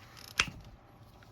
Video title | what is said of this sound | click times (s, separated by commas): Mcfarlane Toys Superman (2025) Action Figure Review | you hear a pop, boom, you can take them apart easy. | 0.4 s